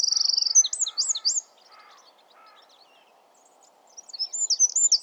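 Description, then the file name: Eurasian wren song: a loud, very high rattling trill, then quick sharp notes, a pause and a fresh burst of rapid high notes; another bird gives softer, lower phrases. "Troglodytes troglodytes"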